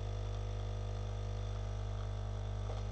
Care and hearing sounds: daily activity, microphone in the room; make coffee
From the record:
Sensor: 4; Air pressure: 991.6 hPa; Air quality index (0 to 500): 131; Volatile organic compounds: 43 ppm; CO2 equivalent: 3200 ppm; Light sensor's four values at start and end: 17/55/21/20 and 17/55/21/20

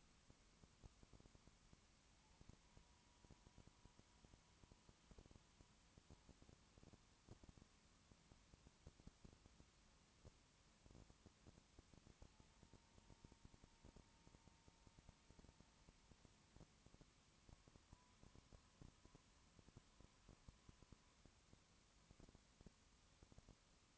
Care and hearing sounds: daily activity, microphone in the room; no activity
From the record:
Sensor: 1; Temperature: 19.2 degrees Celsius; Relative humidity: 37.8%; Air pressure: 1001.1 hPa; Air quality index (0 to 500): 198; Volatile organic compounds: 7 ppm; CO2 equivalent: 1995 ppm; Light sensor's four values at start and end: 1/2/1/1 and 1/2/1/1

